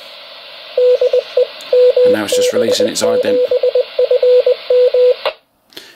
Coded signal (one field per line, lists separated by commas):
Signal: Morse code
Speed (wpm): 20 wpm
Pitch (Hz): 500 Hz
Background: speech, radio noise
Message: DE MB7FM